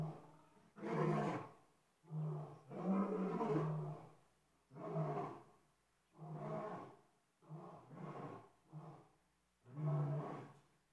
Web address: lion roar